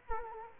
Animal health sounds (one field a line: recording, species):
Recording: mosquito wingbeat signal from an infrared sensor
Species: Culex quinquefasciatus